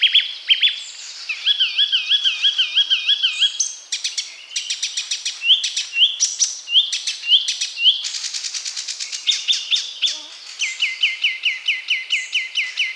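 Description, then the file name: Icterine warbler singing a long varied medley: a trilled wavering whistle, sharp clicks, repeated upslurred notes, and a closing series of rapid repeated whistles. "Zelyonaya peresmeshka"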